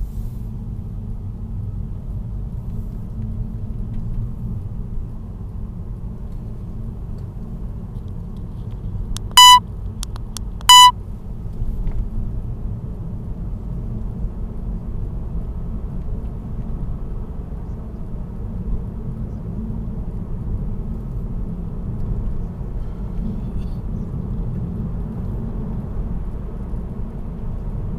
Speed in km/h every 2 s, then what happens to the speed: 21, 26, 29, 32, 32, 34, 38, 44, 48, 52, 55, 55, 56, 60.
0-5 speeds up to 32. 5-11 steady at about 32. 11-28 speeds up to 60.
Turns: none.